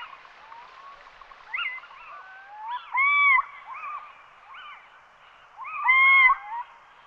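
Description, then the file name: Little owl calls, arched mewing notes overlapping with softer similar calls, two louder drawn-out notes standing out about three seconds apart. "Athene noctua"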